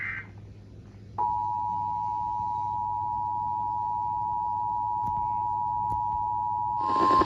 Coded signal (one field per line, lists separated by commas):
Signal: Emergency Alert System (SAME) tones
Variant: 853 and 960 Hz attention tone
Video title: EAS Alerts from April 29 to May 3, 2025 [EAS #1,946-1,968]